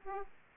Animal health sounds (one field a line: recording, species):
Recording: mosquito wingbeat signal from an infrared sensor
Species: Aedes aegypti